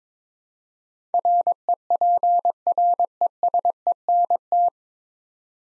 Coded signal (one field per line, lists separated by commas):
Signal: Morse code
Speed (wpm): 22 wpm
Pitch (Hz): 700 Hz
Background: none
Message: REPRESENT